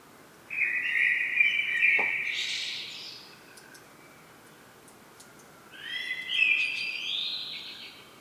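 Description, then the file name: Common blackbird song: two fluty, warbling phrases, the first ending in a scratchy high flourish, with a quiet pause between them. "Turdus merula"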